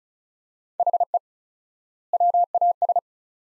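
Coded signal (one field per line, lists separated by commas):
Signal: Morse code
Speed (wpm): 36 wpm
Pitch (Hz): 700 Hz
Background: none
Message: HE WAS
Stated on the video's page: Morse practice at 35 wpm sending two-word sets with 4x word spacing, a Farnsworth-like method applied to words; each set is sent, spoken, then sent again.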